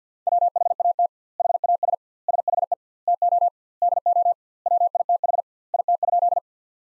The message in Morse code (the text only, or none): WHAT HAS SHE TO DO WITH IT?